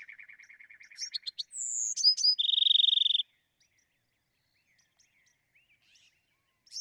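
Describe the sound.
Bewick's wren song: a lower rapid trill leads into sharp notes, a descending whistle and a fast bright trill, followed by quiet ticks.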